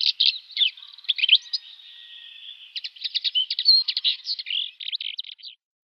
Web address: Schulze Peter Black-eared Wheatear song